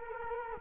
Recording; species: mosquito wingbeat signal from an infrared sensor; Culex quinquefasciatus